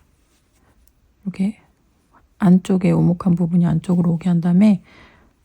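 A plastic safety-eye washer is fitted onto the eye post through the face of a crocheted doll, concave side inward, while someone talks over soft handling noise. Nothing has seated or clicked yet.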